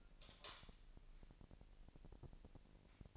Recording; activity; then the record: daily activity, microphone in the room; light on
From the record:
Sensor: 5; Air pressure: 1002.0 hPa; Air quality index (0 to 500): 230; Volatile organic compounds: 32 ppm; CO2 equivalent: 2998 ppm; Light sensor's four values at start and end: 15/36/15/16 and 16/37/15/16